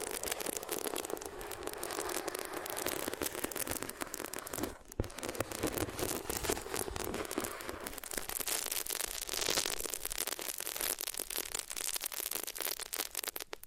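Something is rubbed against the ears, a dense, steady scratching and crackling that fills the whole clip with bright, hissy texture. Around five seconds it cuts out for a brief moment, then resumes with rapid, irregular crackles that grow slightly brighter toward the end.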